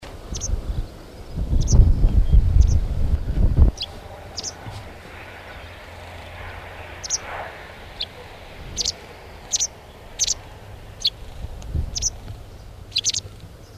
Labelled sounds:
White Wagtail call

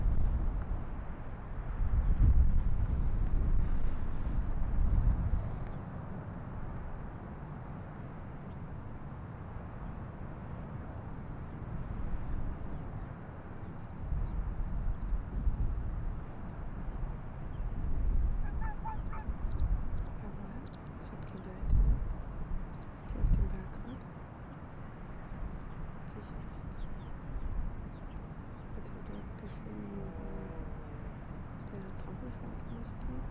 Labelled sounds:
Arctic Fox

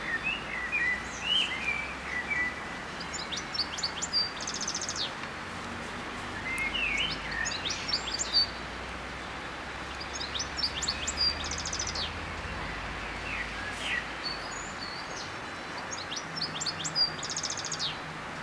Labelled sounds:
European Goldfinch song

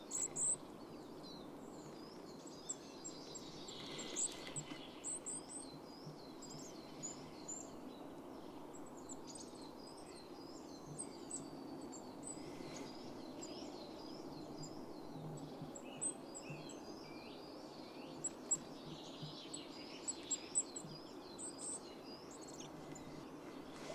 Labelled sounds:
Goldcrest call

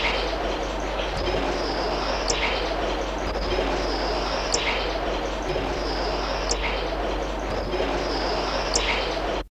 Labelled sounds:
Yellow-billed Oxpecker call

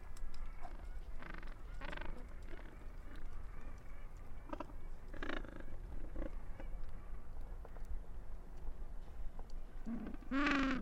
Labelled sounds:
Gentoo Penguin call

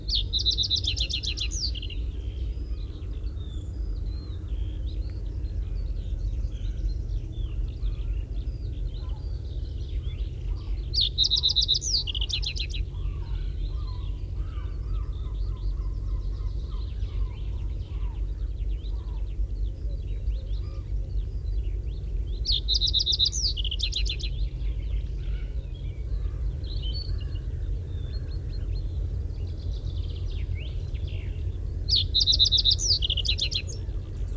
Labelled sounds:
Reed Bunting song

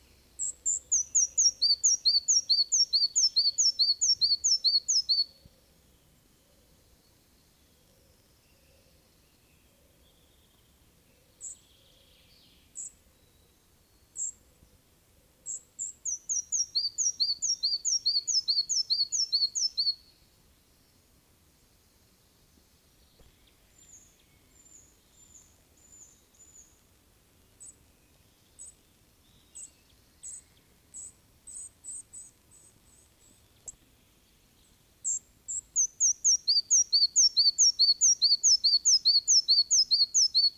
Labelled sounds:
Red-breasted Flycatcher song

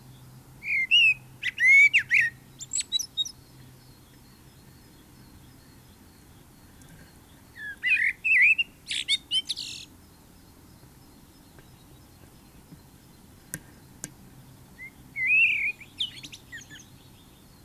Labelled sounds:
Common Blackbird song

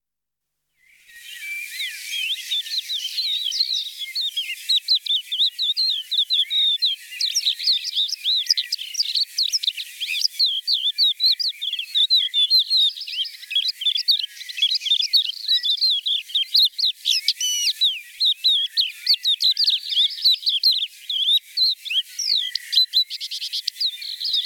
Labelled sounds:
Crested Lark song

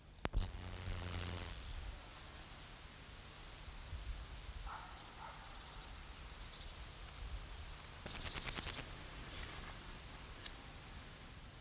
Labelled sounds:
Meadow Grasshopper stridulation

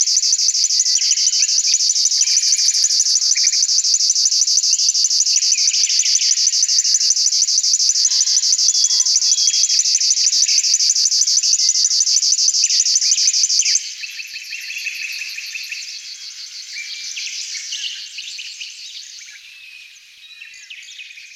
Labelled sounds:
River Warbler song

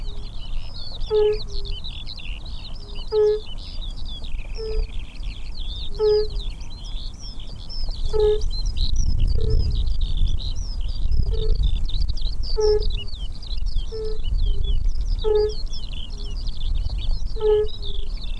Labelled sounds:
Fire-Bellied Toad call

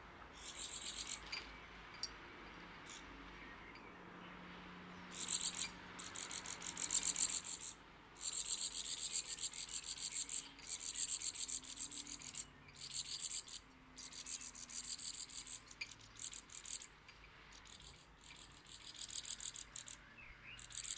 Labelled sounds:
Great Tit begging call

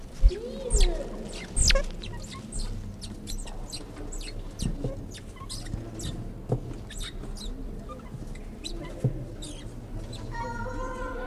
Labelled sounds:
Banded Mongoose call

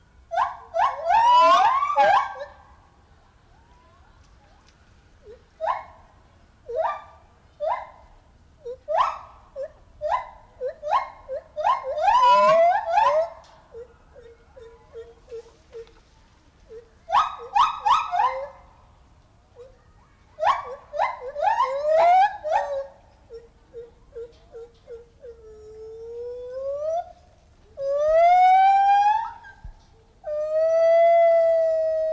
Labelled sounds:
Lar Gibbon call

